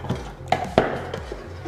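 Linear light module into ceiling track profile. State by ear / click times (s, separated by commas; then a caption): seated / 0.5 s, 0.8 s. A linear diffuse light module, 40 or 81 cm long, is fitted back into a 48V ceiling track profile. Two sharp clicks are heard at 0.5 s and 0.8 s as it clips in and seats.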